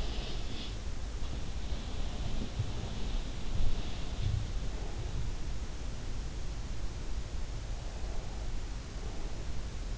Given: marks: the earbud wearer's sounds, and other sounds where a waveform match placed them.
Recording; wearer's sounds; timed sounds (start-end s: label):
sounds in sleep by an in-ear microphone; breath
0.00-0.90 s: breath